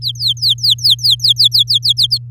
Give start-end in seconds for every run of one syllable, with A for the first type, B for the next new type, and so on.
0.01-2.18 A